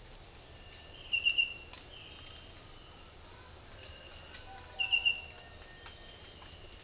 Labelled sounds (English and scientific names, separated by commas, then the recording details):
none
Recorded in dense forest near Puerto Asís, Putumayo, Colombia, on 13 March 2025 at 06:30
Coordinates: 0.503, -76.323
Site GP09